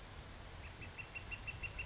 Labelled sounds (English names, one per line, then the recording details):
Northern Flicker
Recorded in Sonoma County, California